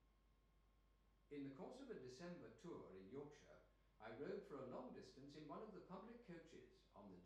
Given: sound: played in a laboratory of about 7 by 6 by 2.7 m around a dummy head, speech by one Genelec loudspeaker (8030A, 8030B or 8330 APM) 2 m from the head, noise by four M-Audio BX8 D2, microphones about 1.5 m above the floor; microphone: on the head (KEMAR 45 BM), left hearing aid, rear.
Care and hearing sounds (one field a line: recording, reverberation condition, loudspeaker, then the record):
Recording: male speech in English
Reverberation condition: medium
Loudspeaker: 60 degrees to the right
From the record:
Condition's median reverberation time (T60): about 510 ms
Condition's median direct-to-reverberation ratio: about -0.5 dB